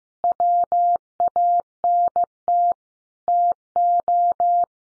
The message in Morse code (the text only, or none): WANT TO